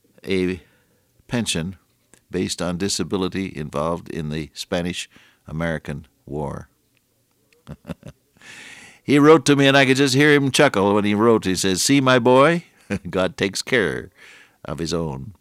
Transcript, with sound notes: a pension based on disability involved in the Spanish-American War. [chuckle] He wrote to me, and I could just hear him chuckle, when he wrote, he said, “See, my boy, God takes care of His own.